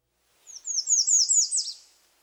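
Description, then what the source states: American Redstart song: a series of several similar very high, slurred notes, ending on a lower final note. Standard song: a series of similar high notes followed by a lower final note, rendered 'C-C-C-C-O'.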